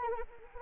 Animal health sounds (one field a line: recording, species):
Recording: mosquito wingbeat signal from an infrared sensor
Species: Anopheles arabiensis